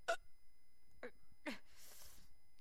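Three abrupt, short, voiced bursts arrive about half a second to a second apart, followed by a soft breathy exhale. These are hiccups in an adult during an ongoing bout, with a quiet room in the background.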